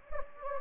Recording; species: mosquito wingbeat signal from an infrared sensor; Anopheles gambiae